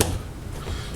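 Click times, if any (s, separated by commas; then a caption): 0.0 s. A LongShot Mfg magazine bumper is pressed into place on a reassembled Hi Point 9mm carbine magazine, giving a single sharp snap at 0.0 s. Quieter low handling noise follows. The bumper snaps together and is seated.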